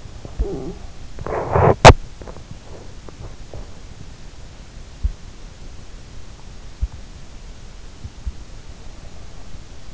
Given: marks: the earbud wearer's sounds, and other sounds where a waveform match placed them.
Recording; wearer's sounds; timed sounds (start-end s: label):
sounds in sleep by an in-ear microphone; talking in sleep, teeth grinding
0.00-0.86 s: talking in sleep
1.19-2.24 s: teeth grinding